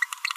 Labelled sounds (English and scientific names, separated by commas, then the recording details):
Green-rumped Parrotlet (Forpus passerinus) babbling
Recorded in a nest box in Venezuela
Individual 18B25A4